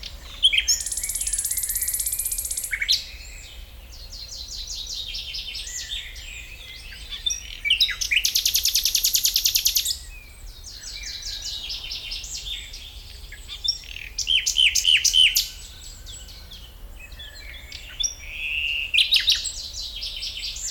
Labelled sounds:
Common Nightingale (Luscinia megarhynchos)

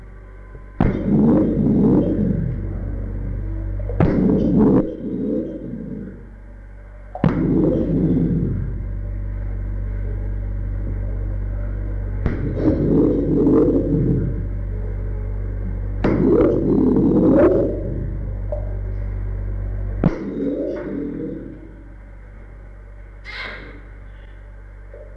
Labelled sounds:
Chimpanzee (Pan troglodytes)

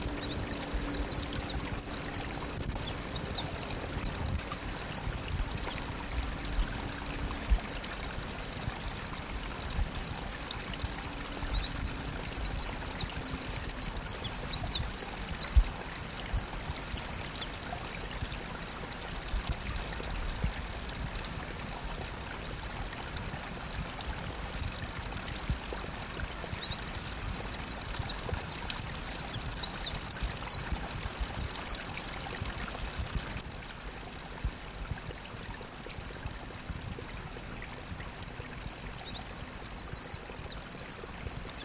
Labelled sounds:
Eurasian Wren (Troglodytes troglodytes)

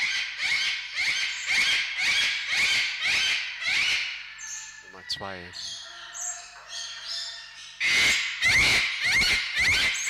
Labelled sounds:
Eclectus Parrot (Eclectus roratus) call

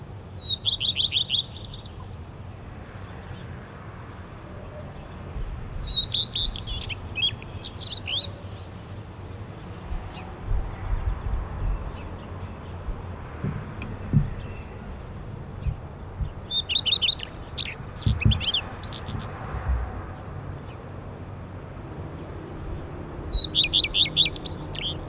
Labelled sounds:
Common Redstart (Phoenicurus phoenicurus) song

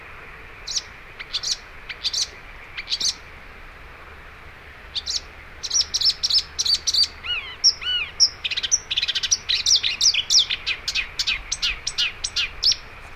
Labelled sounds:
Marsh Warbler (Acrocephalus palustris) song

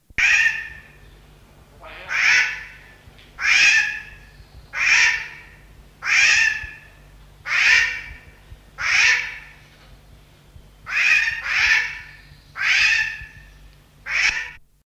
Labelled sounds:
Variable Oriole (Icterus cayanensis) call

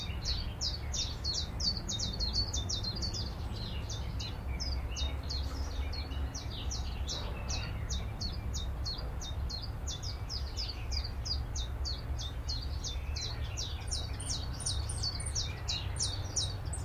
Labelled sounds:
Willow Warbler (Phylloscopus trochilus)

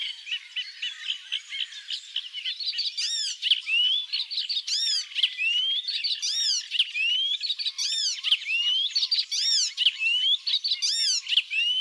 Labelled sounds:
Icterine Warbler (Hippolais icterina) song

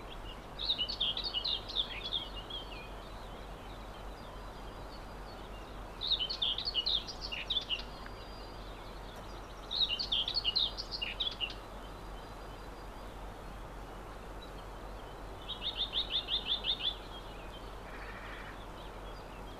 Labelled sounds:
Common Whitethroat (Sylvia communis) song

